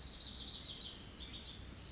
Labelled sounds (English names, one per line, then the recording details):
Pacific Wren
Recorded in Sonoma County, California